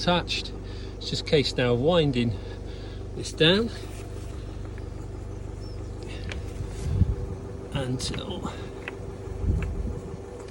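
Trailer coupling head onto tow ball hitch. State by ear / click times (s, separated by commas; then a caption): not seated / none. A trailer's jockey wheel is wound down to lower the coupling head onto the tow ball hitch while someone talks, with low rumble underneath and several short sharp knocks and rattles between about 4.8 and 9.6 seconds. The coupling has not yet clicked into place on the ball, so nothing has seated by the end.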